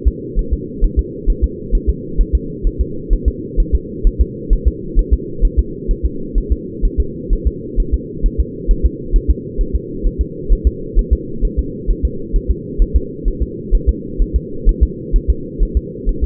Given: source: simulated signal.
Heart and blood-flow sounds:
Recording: fetal heart sounds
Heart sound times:
0.08 s: S2
0.39 s: S1
0.53 s: S2
0.84 s: S1
0.99 s: S2
1.30 s: S1
1.44 s: S2
1.75 s: S1
1.89 s: S2
2.21 s: S1
2.35 s: S2
2.67 s: S1
2.81 s: S2
3.13 s: S1
3.28 s: S2
3.60 s: S1
3.75 s: S2
4.07 s: S1
4.21 s: S2
4.53 s: S1
4.68 s: S2
4.99 s: S1
5.13 s: S2
5.45 s: S1
5.59 s: S2
5.91 s: S1
6.05 s: S2
6.38 s: S1
6.52 s: S2
6.85 s: S1
7.00 s: S2
7.33 s: S1
7.47 s: S2
7.80 s: S1
7.94 s: S2
8.26 s: S1
8.40 s: S2
8.71 s: S1
8.86 s: S2
9.16 s: S1
9.30 s: S2
9.61 s: S1
9.75 s: S2
10.06 s: S1
10.21 s: S2
10.52 s: S1
10.67 s: S2
10.99 s: S1
11.13 s: S2
11.45 s: S1
11.59 s: S2
11.91 s: S1
12.05 s: S2
12.36 s: S1
12.51 s: S2
12.82 s: S1
12.96 s: S2
13.28 s: S1
13.42 s: S2
13.75 s: S1
13.89 s: S2
14.22 s: S1
14.36 s: S2
14.69 s: S1
14.83 s: S2
15.16 s: S1
15.30 s: S2
15.63 s: S1
15.77 s: S2
16.09 s: S1
16.24 s: S2
From the record:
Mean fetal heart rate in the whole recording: 130 bpm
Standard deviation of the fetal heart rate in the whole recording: 2 bpm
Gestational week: 38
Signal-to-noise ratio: -4.3 dB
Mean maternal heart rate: 72 bpm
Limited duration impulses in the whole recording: absent

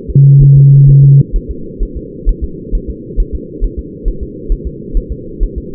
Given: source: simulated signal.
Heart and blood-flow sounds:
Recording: fetal heart sounds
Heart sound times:
0.10 s: S2
0.43 s: S1
0.57 s: S2
0.89 s: S1
1.04 s: S2
1.36 s: S1
1.51 s: S2
1.83 s: S1
1.97 s: S2
2.29 s: S1
2.44 s: S2
2.75 s: S1
2.90 s: S2
3.20 s: S1
3.35 s: S2
3.64 s: S1
3.79 s: S2
4.08 s: S1
4.23 s: S2
4.52 s: S1
4.67 s: S2
4.97 s: S1
5.12 s: S2
5.43 s: S1
5.58 s: S2
From the record:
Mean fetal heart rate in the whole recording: 130 bpm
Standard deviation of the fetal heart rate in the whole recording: 4 bpm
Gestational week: 38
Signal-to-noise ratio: -4.3 dB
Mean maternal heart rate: 72 bpm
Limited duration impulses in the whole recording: present

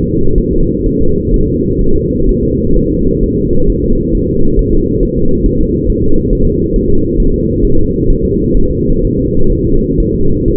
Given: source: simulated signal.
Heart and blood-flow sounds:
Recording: fetal heart sounds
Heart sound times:
0.04 s: S2
0.38 s: S1
0.53 s: S2
0.86 s: S1
1.01 s: S2
1.34 s: S1
1.48 s: S2
1.81 s: S1
1.96 s: S2
2.29 s: S1
2.43 s: S2
2.76 s: S1
2.91 s: S2
3.23 s: S1
3.38 s: S2
3.70 s: S1
3.84 s: S2
4.15 s: S1
4.29 s: S2
4.59 s: S1
4.73 s: S2
5.03 s: S1
5.17 s: S2
5.46 s: S1
5.61 s: S2
5.90 s: S1
6.04 s: S2
6.33 s: S1
6.47 s: S2
6.76 s: S1
6.90 s: S2
7.20 s: S1
7.34 s: S2
7.65 s: S1
7.79 s: S2
8.10 s: S1
8.25 s: S2
8.57 s: S1
8.71 s: S2
9.05 s: S1
9.19 s: S2
9.52 s: S1
9.67 s: S2
10.00 s: S1
10.15 s: S2
10.48 s: S1
From the record:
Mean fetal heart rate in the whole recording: 130 bpm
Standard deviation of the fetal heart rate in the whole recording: 4 bpm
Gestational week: 38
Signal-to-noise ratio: -17.7 dB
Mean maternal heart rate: 72 bpm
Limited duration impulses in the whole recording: present

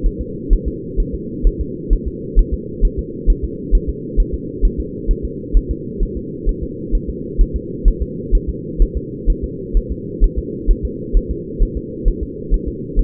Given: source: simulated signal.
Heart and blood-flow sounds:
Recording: fetal heart sounds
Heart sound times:
0.06 s: S1
0.21 s: S2
0.53 s: S1
0.68 s: S2
1.00 s: S1
1.14 s: S2
1.47 s: S1
1.61 s: S2
1.93 s: S1
2.08 s: S2
2.39 s: S1
2.54 s: S2
2.85 s: S1
2.99 s: S2
3.30 s: S1
3.44 s: S2
3.75 s: S1
3.89 s: S2
4.20 s: S1
4.34 s: S2
4.65 s: S1
4.80 s: S2
5.11 s: S1
5.25 s: S2
5.57 s: S1
5.71 s: S2
6.03 s: S1
6.17 s: S2
6.49 s: S1
6.63 s: S2
6.95 s: S1
7.09 s: S2
7.41 s: S1
7.56 s: S2
7.88 s: S1
8.02 s: S2
8.35 s: S1
8.49 s: S2
8.82 s: S1
8.97 s: S2
9.30 s: S1
9.44 s: S2
9.77 s: S1
9.92 s: S2
10.24 s: S1
10.39 s: S2
10.70 s: S1
10.85 s: S2
11.17 s: S1
11.31 s: S2
11.62 s: S1
11.77 s: S2
12.08 s: S1
12.23 s: S2
12.54 s: S1
12.68 s: S2
12.99 s: S1
From the record:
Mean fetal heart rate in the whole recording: 130 bpm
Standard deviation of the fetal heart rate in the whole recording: 2 bpm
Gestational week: 38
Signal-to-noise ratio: -4.1 dB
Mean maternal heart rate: no maternal heart sound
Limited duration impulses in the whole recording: absent

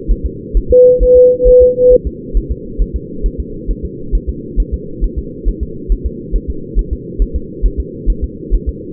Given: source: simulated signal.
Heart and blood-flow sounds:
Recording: fetal heart sounds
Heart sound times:
0.11 s: S1
0.25 s: S2
0.57 s: S1
0.71 s: S2
1.03 s: S1
1.17 s: S2
1.48 s: S1
1.62 s: S2
1.93 s: S1
2.07 s: S2
2.37 s: S1
2.51 s: S2
2.82 s: S1
2.96 s: S2
3.26 s: S1
3.40 s: S2
3.70 s: S1
3.85 s: S2
4.15 s: S1
4.29 s: S2
4.60 s: S1
4.74 s: S2
5.04 s: S1
5.19 s: S2
5.48 s: S1
5.63 s: S2
5.92 s: S1
6.06 s: S2
6.36 s: S1
6.50 s: S2
6.79 s: S1
6.93 s: S2
7.22 s: S1
7.36 s: S2
7.66 s: S1
7.80 s: S2
8.10 s: S1
8.24 s: S2
8.54 s: S1
8.69 s: S2
From the record:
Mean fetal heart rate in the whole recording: 135 bpm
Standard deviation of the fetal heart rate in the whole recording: 3 bpm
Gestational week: 36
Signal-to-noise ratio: -4.3 dB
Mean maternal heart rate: 72 bpm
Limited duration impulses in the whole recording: present

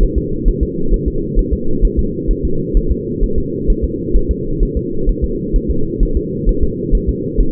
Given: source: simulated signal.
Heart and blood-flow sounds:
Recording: fetal heart sounds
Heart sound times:
0.03 s: S1
0.18 s: S2
0.48 s: S1
0.63 s: S2
0.94 s: S1
1.08 s: S2
1.39 s: S1
1.53 s: S2
1.85 s: S1
1.99 s: S2
2.31 s: S1
2.45 s: S2
2.77 s: S1
2.92 s: S2
3.24 s: S1
3.38 s: S2
3.70 s: S1
3.84 s: S2
4.16 s: S1
4.31 s: S2
4.63 s: S1
4.77 s: S2
5.09 s: S1
5.24 s: S2
5.56 s: S1
5.70 s: S2
6.03 s: S1
6.17 s: S2
6.49 s: S1
6.63 s: S2
6.95 s: S1
7.09 s: S2
7.40 s: S1
From the record:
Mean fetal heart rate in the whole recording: 130 bpm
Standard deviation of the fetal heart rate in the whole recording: 2 bpm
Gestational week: 38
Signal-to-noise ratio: -8.1 dB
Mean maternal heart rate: 72 bpm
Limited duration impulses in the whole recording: absent

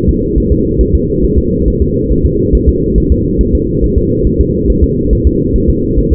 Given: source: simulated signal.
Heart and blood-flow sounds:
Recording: fetal heart sounds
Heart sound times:
0.09 s: S2
0.38 s: S1
0.52 s: S2
0.81 s: S1
0.95 s: S2
1.24 s: S1
1.38 s: S2
1.68 s: S1
1.82 s: S2
2.12 s: S1
2.25 s: S2
2.55 s: S1
2.69 s: S2
2.98 s: S1
3.12 s: S2
3.41 s: S1
3.55 s: S2
3.84 s: S1
3.98 s: S2
4.27 s: S1
4.41 s: S2
4.70 s: S1
4.84 s: S2
5.13 s: S1
5.27 s: S2
5.56 s: S1
5.70 s: S2
5.98 s: S1
6.12 s: S2
From the record:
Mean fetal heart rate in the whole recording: 140 bpm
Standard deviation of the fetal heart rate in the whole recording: 2 bpm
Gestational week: 34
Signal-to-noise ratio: -10.2 dB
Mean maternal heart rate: 72 bpm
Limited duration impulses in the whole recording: present

